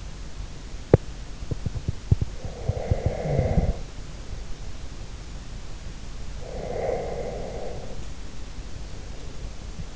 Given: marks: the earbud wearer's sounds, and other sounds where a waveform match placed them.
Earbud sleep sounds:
sounds in sleep by an in-ear microphone; teeth grinding, breath
0.71-0.93 s: teeth grinding
1.26-2.17 s: sound from someone else or the room
2.49-3.82 s: breath
6.52-8.15 s: breath

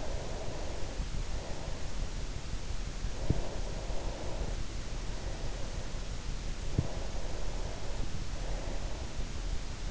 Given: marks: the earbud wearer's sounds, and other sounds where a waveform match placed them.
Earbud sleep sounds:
sounds in sleep by an in-ear microphone; breath
0.00-2.07 s: breath
2.72-5.71 s: breath
6.62-9.35 s: breath

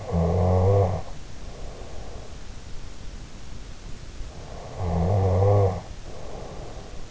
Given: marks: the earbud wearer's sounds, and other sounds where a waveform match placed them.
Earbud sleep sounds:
sounds in sleep by an in-ear microphone; snoring breath
0.00-2.39 s: snoring breath
4.52-7.01 s: snoring breath

